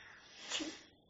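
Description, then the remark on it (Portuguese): A single sneeze, a sharp breathy burst with a hissy, airy spray that swells quickly in the middle and then trails off into quiet. “Saúde.”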